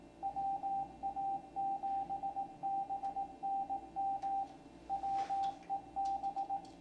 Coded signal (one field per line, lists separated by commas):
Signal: Morse code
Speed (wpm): 18 wpm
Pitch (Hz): 790 Hz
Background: radio noise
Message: WA7BNM WEB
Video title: Van Pelt - the C128 and Ham Radio - CLASS 2023